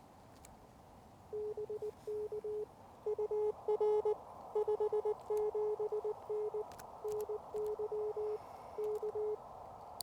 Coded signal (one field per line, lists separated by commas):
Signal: Morse code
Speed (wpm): 19 wpm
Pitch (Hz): 420 Hz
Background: none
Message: BK UR 57N NY K